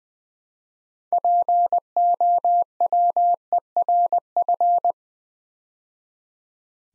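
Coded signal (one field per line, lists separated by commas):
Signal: Morse code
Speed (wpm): 20 wpm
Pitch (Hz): 700 Hz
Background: none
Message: POWERF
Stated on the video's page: Morse practice at 20 wpm: 8-letter words built three letters at a time, for beginners working on instant character recognition.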